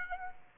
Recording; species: mosquito wingbeat signal from an infrared sensor; Aedes aegypti